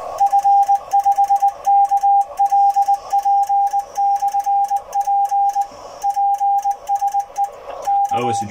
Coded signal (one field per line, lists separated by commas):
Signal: Morse code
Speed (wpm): 20 wpm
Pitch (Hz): 800 Hz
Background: none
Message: F5KLP/P PSE K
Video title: activation cw